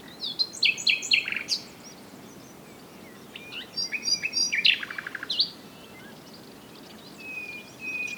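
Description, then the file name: Common nightingale singing in short, jumbled phrases of chirps and rattles separated by pauses, with a faint thin whistle toward the end. "Luscinia megarhynchos"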